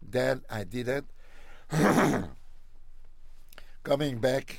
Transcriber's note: clears throat